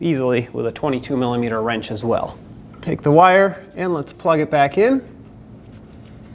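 Someone talks while taking the wire of a newly installed upstream oxygen sensor on a 2011-2016 Ford F-350 6.2L V8 and lining its electrical connector up with the vehicle wiring harness connector. Speech fills the first five seconds, followed by a quiet stretch. The connector has not been pushed home and nothing has clicked yet.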